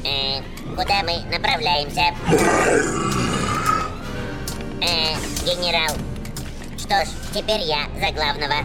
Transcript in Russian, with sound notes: э... куда мы направляемся? [Гривус рычит и убегает] Э-э-э... Генерал? Что ж, теперь я за главного